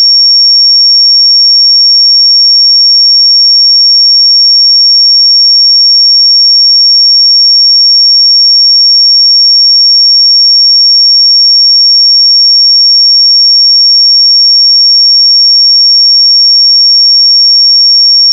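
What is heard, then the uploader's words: A pure sine tone holds at 5518 Hz, high and thin, with no wavering in pitch. Its loudness stays perfectly even from start to finish, and nothing else is audible behind it; the tone cuts off abruptly at the very end. 5518 Hz 1 Hz Interval Sine Pure Tone Frequency 441000 Sample Mono.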